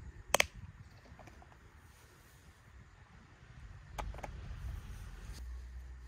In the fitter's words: Fit the roof with a click.